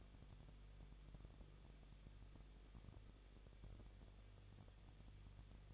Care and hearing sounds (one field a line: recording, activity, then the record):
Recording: daily activity, microphone in the room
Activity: no activity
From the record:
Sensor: 4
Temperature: 23.1 degrees Celsius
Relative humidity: 34.0%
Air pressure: 1007.2 hPa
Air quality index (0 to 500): 215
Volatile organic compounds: 15 ppm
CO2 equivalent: 2490 ppm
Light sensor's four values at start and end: 2/3/1/1 and 2/3/1/1